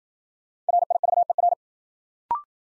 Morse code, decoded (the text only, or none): RIVER